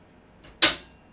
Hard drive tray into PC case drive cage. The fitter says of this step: even quite hear that but that's quite positive click to actually keep it securely in place which